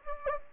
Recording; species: mosquito wingbeat signal from an infrared sensor; Anopheles gambiae